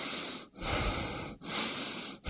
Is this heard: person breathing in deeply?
yes